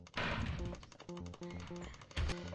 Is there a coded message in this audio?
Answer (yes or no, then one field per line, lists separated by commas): no